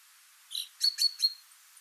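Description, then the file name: Common chaffinch giving a brief burst of four sharp, bright notes in quick succession. "Fringilla coelebs"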